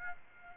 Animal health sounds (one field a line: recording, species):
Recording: mosquito wingbeat signal from an infrared sensor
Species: Aedes aegypti